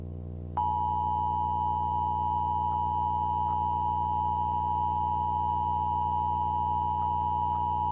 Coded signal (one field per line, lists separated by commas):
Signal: Emergency Alert System (SAME) tones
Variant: 853 and 960 Hz attention tone